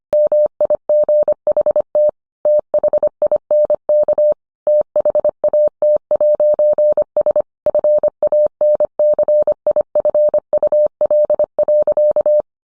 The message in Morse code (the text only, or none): MIGHT THINK THAT'S FANCIFUL.